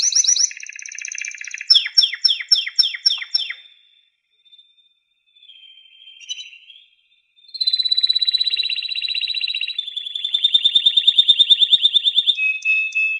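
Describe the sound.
Canary song: a series of descending sweeping notes, a quiet gap, then extended rapid buzzy trills and a closing whistled phrase.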